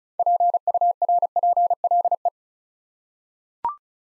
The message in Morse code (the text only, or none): PURPLE